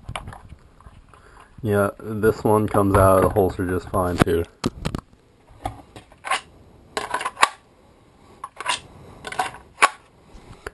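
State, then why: Seated. A loud, crisp snap at 7.4 s rises well above the other knocks: the part has seated.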